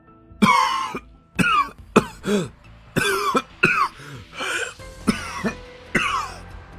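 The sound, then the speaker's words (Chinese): An elderly man, the old abbot Canghong (苍红观主), coughs in a long fit of about eight or nine harsh, raspy bursts, some rough and throaty, coming in uneven clusters with short wheezing gaps, with no talking. “苍红观主咳嗽起来，反正也看得够久了，严福瑞赶紧帮他拍背”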